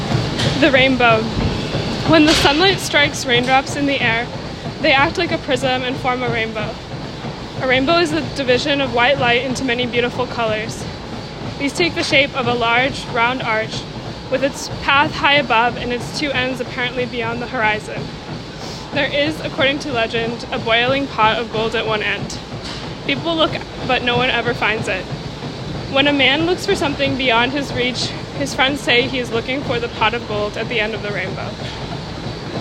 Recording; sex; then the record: reading aloud after running; female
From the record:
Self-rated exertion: vigorous exertion (4 of 6); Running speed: 8 miles an hour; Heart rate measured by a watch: 50 beats a minute at the start, 102 at the end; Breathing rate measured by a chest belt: 26 breaths a minute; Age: 20 years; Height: 160 cm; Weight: 56 kg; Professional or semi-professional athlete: no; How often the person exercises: 3 to 5 times a week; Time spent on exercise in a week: 3 to 4 hours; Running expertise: yes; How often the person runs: 1 to 2 times a week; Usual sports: running, swimming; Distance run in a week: 15 km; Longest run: 20 km